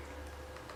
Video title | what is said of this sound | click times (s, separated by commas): BA320 00 SMUCableInc Cat5 New Text 12 | plug this in this side. You hear it click. | 0.6 s, 0.7 s